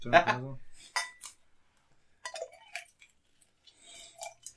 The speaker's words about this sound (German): Mit dem müssen wir aber jetzt richtig anstoßen. Wie denn? Mit Schnapsgläsern? Nee. Mit Wassergläsern. Nee, nicht bei mir, ich nehme die Flasche.